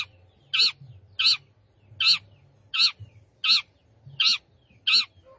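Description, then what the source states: Long-tailed shrike giving harsh, rasping notes, seven of them spaced evenly about every two-thirds of a second, with a low hum beneath. Singing lively (gacor).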